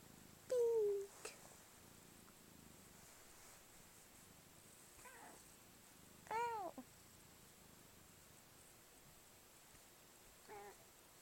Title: the most talkative kitty on the planet